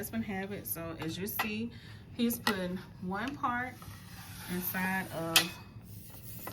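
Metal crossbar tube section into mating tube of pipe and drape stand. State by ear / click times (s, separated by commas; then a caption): not seated / none. A metal crossbar tube section of a pipe and drape stand is slid by hand toward its mating tube, which has a spring push-button that snaps into a hole, while someone talks throughout. Faint metallic handling and scraping sit under the voice. Nothing has seated or clicked yet.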